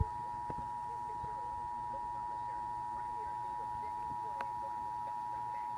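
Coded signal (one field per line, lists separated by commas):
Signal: Emergency Alert System (SAME) tones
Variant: 853 and 960 Hz attention tone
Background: speech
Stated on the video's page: National EAS test broadcast on TV station KPNX 12, Mesa-Phoenix, Arizona.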